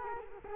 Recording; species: mosquito wingbeat signal from an infrared sensor; Culex quinquefasciatus